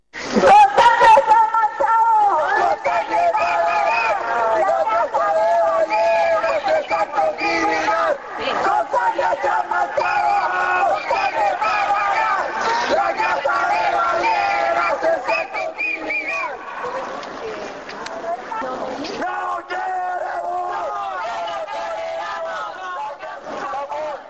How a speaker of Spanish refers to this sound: Ahí escuchábamos la protesta, ¿no?, de las organizaciones ciudadanas ahí en la Embajada de Japón.